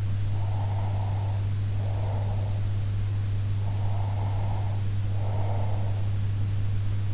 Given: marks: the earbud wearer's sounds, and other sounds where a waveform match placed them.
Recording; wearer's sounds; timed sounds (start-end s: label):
sounds in sleep by an in-ear microphone; breath
0.28-2.57 s: breath
3.57-6.06 s: breath